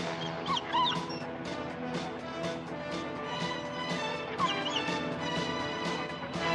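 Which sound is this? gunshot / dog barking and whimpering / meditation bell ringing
dog barking and whimpering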